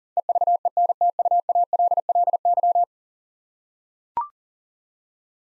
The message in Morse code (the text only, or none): EVENTUALLY